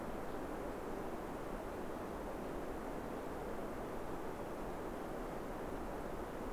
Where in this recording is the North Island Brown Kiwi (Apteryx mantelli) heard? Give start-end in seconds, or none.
none